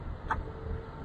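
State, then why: Released. The auto-lock latch of a trifold bed cover on a pickup truck is unlocked, and it releases with a short, bright tick at 0.3 s over a low, steady background rumble. The latch clicks open.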